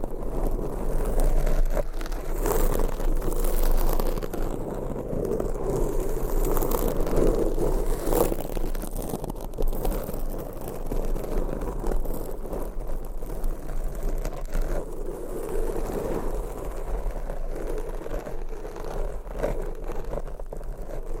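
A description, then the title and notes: Dense, continuous close-up scratching of long nails on a microphone, a low rumbling rustle with fine crackly bursts, steady throughout without pauses. ASMR Mic Scratching Brain Scratching Hypnotic Asmr No Talking.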